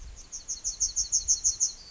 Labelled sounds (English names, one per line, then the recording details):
Yellowhammer song
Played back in forest
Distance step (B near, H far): D
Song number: 031